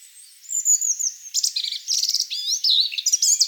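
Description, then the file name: European robin singing a continuous, high-pitched jumble of sweet whistles, tinkling notes and fast twitters that shift pitch constantly. "Erithacus rubecula"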